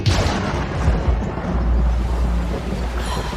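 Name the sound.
thunder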